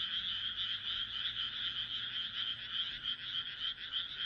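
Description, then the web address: Frogs in full chorus, pulsed croaks blurring into an unbroken buzzy trill with slight swells in loudness. "kaeru kaeru"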